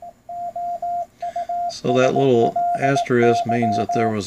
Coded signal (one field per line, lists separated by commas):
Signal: Morse code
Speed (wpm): 18 wpm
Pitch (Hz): 700 Hz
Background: speech, radio noise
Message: OUSLY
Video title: Cheap CW Decoder on Ebay